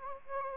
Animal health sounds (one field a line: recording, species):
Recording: mosquito wingbeat signal from an infrared sensor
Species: Anopheles gambiae